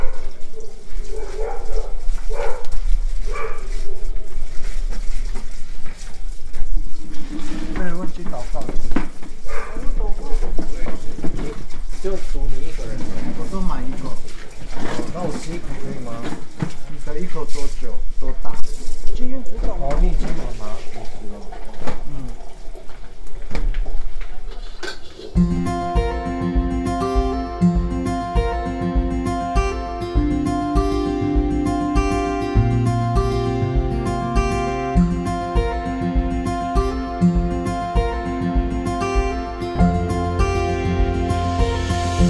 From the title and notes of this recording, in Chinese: 收音設備：手機Iphone11、SAIREN VM-Q1。除夕夜圍爐 炒年糕 臘肉 部落煙火 家人聚聊。